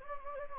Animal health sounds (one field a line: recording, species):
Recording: mosquito wingbeat signal from an infrared sensor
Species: Anopheles gambiae